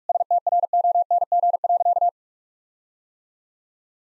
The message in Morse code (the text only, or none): STRONG.